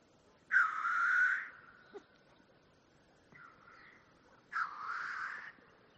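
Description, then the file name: Black grouse uttering two breathy, sneezing hisses with a short, fainter rasping note between them over a low background hiss. "audio hero Bird Black Grouse"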